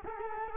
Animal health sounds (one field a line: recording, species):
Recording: mosquito wingbeat signal from an infrared sensor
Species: Culex quinquefasciatus